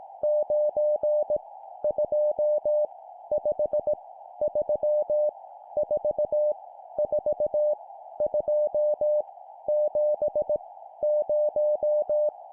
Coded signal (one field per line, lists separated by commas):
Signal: Morse code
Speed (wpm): 18 wpm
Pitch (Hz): 600 Hz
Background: none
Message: 9 2 5 3 4 4 2 7 0